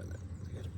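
A cocking sled hooked to the string is handled against the halo of a Barnett Hyper Raptor 410 crossbow, heard only as a steady low hum with faint rustling and no sharp transients. Nothing has seated or clicked into place yet.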